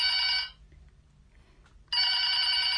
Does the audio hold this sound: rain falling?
no